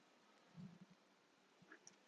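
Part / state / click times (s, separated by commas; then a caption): turn latch on a trailer storage compartment door / seated / 1.7 s, 1.9 s. Turn latches on the exterior storage compartment door of a 2021 Airstream 19C travel trailer are spun to lock after the door is closed. Low thumps and rustling come first, then two short, sharp clicks at 1.7 s and 1.9 s as the latches lock into place.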